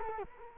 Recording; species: mosquito wingbeat signal from an infrared sensor; Culex quinquefasciatus